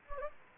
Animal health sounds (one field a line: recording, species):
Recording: mosquito wingbeat signal from an infrared sensor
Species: Anopheles gambiae